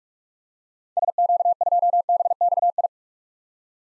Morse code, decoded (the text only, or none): SQ2BXI